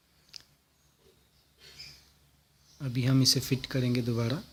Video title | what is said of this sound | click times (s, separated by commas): ASUS VIVOBOOK X505ZA RAM UPGRADE TO 8GB HINDI + ( ENGLISH SUBTITLES ) | जस्ट अंदर डालना है और नीचे प्रेस कर देना है, ये ऑटोमेटिकली लॉक हो जाएगा। | 0.4 s